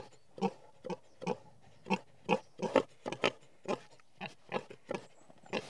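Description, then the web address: Pig grunts, deep and snorty, repeated about twice a second in an uneven chorus from several pigs. Several pigs in a field. "BBC Sound Effects Library. Pigs In Field"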